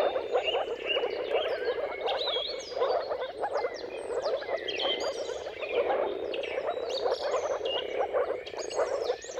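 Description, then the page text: Moor frogs in a dense chorus of soft, bubbling calls around the same low pitch, overlapping continuously, with bird song layered above. Mating calls of moor frogs in a chorus at sunrise, at the turn of March and April depending on the weather. "earth-fm Jakub-Orzecki moor frogs. Dawn’s Chorus: Mating Calls of Marsh Frogs at Sunrise. Depending on the weather at the turn of March and April, you can witness an amazing spectacle of moor frogs"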